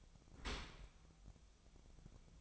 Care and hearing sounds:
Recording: daily activity, microphone in the room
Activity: open dishwasher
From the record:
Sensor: 1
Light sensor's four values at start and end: 9/21/8/9 and 9/21/8/9

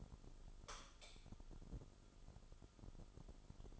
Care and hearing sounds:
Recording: daily activity, microphone in the room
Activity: light off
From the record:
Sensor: 5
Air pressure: 988.5 hPa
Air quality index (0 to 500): 217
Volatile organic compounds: 118 ppm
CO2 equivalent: 3864 ppm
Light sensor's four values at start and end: 44/135/52/56 and 43/129/50/54

